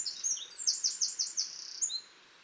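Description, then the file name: Eurasian wren song fragment, a quick run of high, evenly repeated piercing notes lasting about two seconds. "Troglodytes troglodytes"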